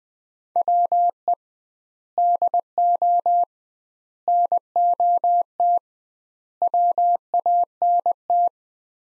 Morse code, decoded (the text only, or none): WE DO NOT WANT